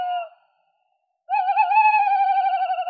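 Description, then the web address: Tawny owl giving a drawn-out, quavering hoot after the end of an earlier note and a short pause. Recorded in Slovenia. "Strix aluco"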